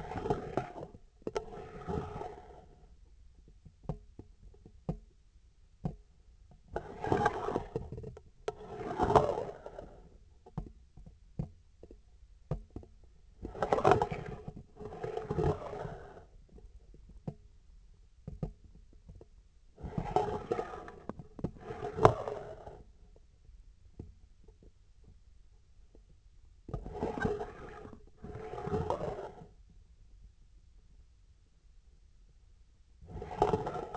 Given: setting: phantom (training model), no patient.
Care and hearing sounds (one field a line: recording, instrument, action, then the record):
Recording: laparoscopic instrument, vibration sensor on the handle end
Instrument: scissors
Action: approaching and retracting movements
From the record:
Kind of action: spatial motion